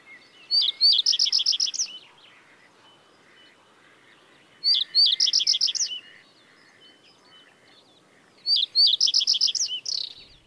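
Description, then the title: Common Reed Bunting song: three short phrases of quick, repeated chirpy notes, spaced roughly four seconds apart, over a quiet background. Song said to tell of the early northern spring. "Viikon luontoääni: Pajusirkku"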